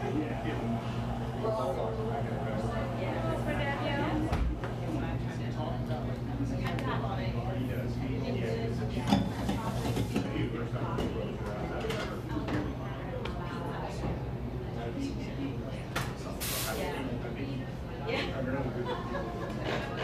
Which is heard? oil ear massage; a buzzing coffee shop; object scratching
a buzzing coffee shop